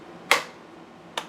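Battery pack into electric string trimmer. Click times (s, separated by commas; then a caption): 0.3 s. A 56 V lithium battery pack is pushed down into the plastic battery port of an Ego electric string trimmer until it latches. It gives a sharp, loud click at 0.3 s, followed by a fainter click at 1.2 s. The battery is seated.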